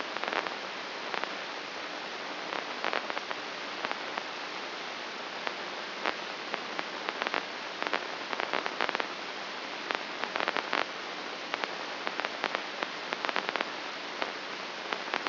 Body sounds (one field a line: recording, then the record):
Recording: brain microelectrode recording played as sound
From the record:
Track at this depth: outside the subthalamic nucleus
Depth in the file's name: 6.229 mm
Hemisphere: left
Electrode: 2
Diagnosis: Parkinson's disease